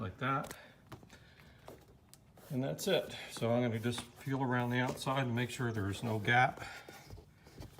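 A plastic door panel retaining clip is handled at the car door frame while someone works around the edge of the door trim panel on a Lexus/Toyota. Someone talks, with a few short handling taps and knocks near 0.9, 1.7 and 2.1 seconds. Nothing has seated or clicked yet.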